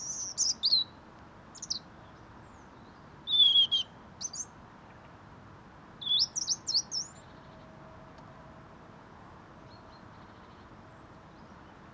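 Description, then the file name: European robin song of several high, tinkling, varied phrases in the first seven seconds, quick notes sliding up and down, then only faint notes and hiss. "Erithacus rubecula"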